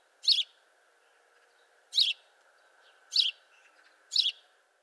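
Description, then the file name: House sparrow giving four clear, emphatic chirps, spaced roughly one to nearly two seconds apart, with a low steady hum underneath. "Passer domesticus"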